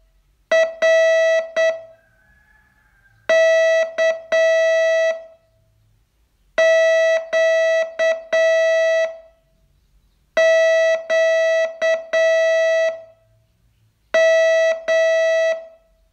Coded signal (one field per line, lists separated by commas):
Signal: Morse code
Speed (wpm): 8 wpm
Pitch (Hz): 650 Hz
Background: none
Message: RKQQM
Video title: Learn Morse in 42 Days from VU2LAU - day 30